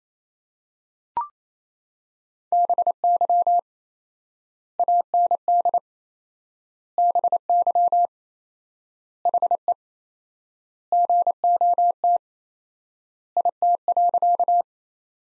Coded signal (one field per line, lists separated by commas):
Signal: Morse code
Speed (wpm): 27 wpm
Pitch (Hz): 700 Hz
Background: none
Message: BY AND BY HE GOT IT.